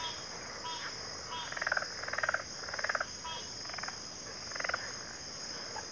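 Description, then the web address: Crickets chorus in a steady, high, unbroken trill throughout, with frogs croaking in short pulsed bursts on top, loudest near the middle. Chorus of crickets at a backwater. "Natures Songs Sleep Sounds of Nature CRICKETS 03 Backwater Chorus"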